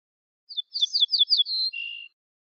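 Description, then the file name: Ortolan bunting song, five or six downslurred ringing notes, a level note, then a lower, sustained closing tone. "suara kicauan ortolan"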